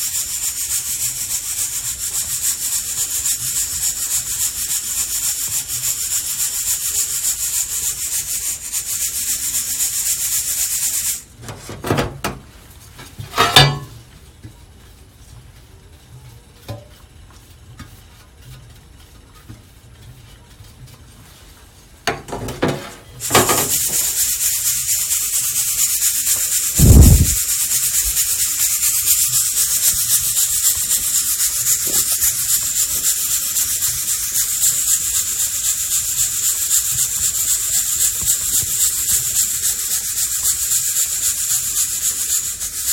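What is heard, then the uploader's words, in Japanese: Mocha blend coffee being roasted: a steady, dense hissing rattle with a bright edge runs throughout. Around 11 seconds it stops, leaving near quiet with a few clicks and knocks, then resumes at 23 seconds, with a short low thud near 27 seconds. 今朝は”モカブレンド”を焙煎。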